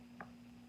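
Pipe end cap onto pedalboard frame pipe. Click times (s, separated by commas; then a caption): 0.2 s. A pipe end cap is pushed over a pipe on a DIY mini pedalboard frame and snaps into place, with a single short click at 0.2 s. A steady low hum runs underneath throughout, and the cap is seated and holding in place.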